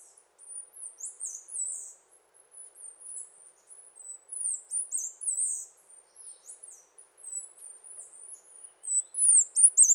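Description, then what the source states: Bird song of very high, thin chirps and down-slurred notes, delivered in quick bursts and rapid twittering runs throughout, getting louder near the end. Song and call in the Costa Rican cloud forest.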